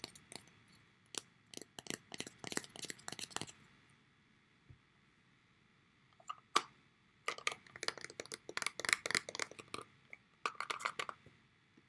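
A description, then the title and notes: A phone is handled on a wireless charger, with clusters of sharp clicks, taps and light clinks. The rattling comes in busy bursts during the first three seconds, then again from about seven to nine and near eleven seconds, with near silence between. This wireless charger made some great ASMR sounds.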